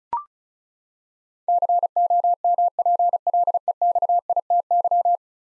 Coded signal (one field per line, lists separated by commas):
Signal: Morse code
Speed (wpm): 36 wpm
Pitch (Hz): 700 Hz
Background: none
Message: COMPLEXITY